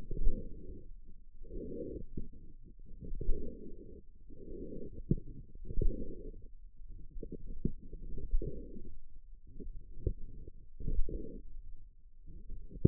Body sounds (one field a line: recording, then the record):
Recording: forearm muscle sounds (acoustic myography)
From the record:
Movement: forearm pronation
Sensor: system 1, eight BSWA MPA416 microphones around the upper forearm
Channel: 6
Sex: female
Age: 21 years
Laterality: right